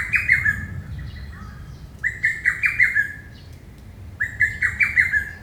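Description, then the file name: Lesser cuckoo song: quick staccato phrases of five or six sharp notes, repeated about every two seconds. "hototogisu"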